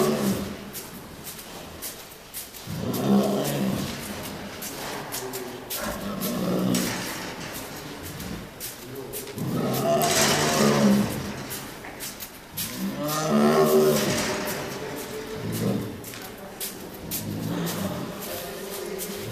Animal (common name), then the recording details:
Tiger. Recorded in captivity. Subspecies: tigris. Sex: male. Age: adult. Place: Tierpark Berlin, Berlin, DE. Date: 1997-01-12 12:33. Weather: wolkig bis heiter, -5°C. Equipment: Nagra SN, Kopie Uher 4000 Report Monitor. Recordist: Tembrock, Günter